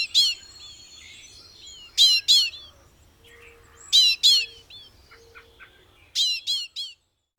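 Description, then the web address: American goldfinch calls, sharp clusters of one to three bright notes every two seconds mixed with short sweeping whistles, and a faint low tone between bursts. "Know Your Bird Sounds Common Western Species 49-American Goldfinch"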